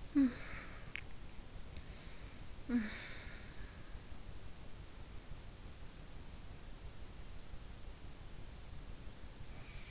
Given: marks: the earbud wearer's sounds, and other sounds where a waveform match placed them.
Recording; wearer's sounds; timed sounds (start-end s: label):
sounds in sleep by an in-ear microphone; talking in sleep
0.00-0.74 s: talking in sleep
2.46-3.93 s: talking in sleep